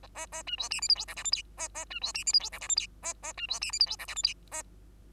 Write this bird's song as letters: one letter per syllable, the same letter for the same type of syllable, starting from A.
A A A B C D E F G H I J K A A B C D E F G H I J K A A B C D E F G H I J K A